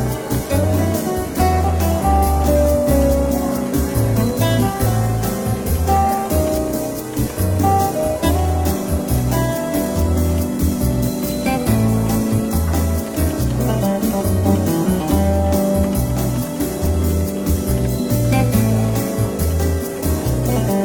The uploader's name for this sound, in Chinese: 伦敦书店咖啡馆轻微喧闹氛围与柔和轻松的爵士背景音乐